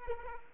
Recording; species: mosquito wingbeat signal from an infrared sensor; Aedes aegypti